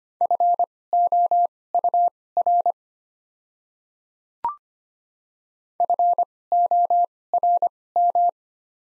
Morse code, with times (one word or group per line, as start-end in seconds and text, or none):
0.2-2.7 FOUR
5.8-8.3 FORM